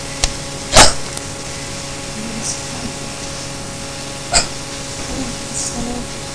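Short, abrupt gulping bursts from an adult break a quiet room: two strong ones about three and a half seconds apart, plus a click and a few fainter catches. These are hiccups, sudden involuntary catches of breath. A steady low hum runs throughout.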